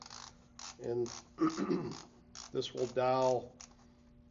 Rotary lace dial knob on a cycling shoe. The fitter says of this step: you simply push on this knob, you'll hear it click,